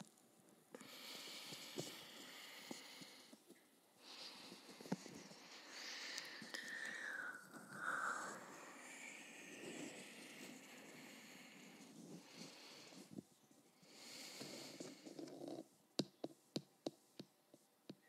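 Wet, intense mouth sounds run in dense bursts of clicks, smacks and breathy hissing, pausing briefly around four and thirteen seconds. A thin squeak rises near seven to eight seconds. After sixteen seconds the texture shifts to a regular series of sharp, separate clicks.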